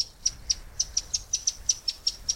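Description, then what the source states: Verdin giving a rapid, steady series of many sharp, very high chips. Tiny bird of the Southwest; prolific nest builder that may have several small winter roosting nests lined with feathers and dry grass.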